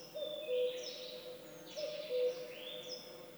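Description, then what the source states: Birds in chorus: low, drawn-out hooting notes come twice, mixed with high sweeping whistles and a rising whistled phrase from another bird. Woodland birdsong.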